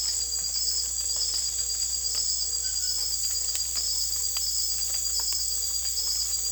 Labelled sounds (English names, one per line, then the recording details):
none
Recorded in secondary vegetation near Puerto Asís, Putumayo, Colombia, on 26 December 2024 at 03:00
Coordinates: 0.488, -76.319
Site GP04